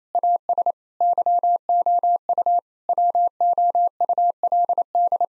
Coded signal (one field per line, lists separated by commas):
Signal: Morse code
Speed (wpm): 28 wpm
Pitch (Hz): 700 Hz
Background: none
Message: AS YOU WOULD